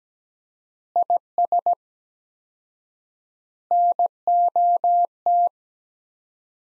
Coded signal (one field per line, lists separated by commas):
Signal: Morse code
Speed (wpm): 17 wpm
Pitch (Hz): 700 Hz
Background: none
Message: IS NOT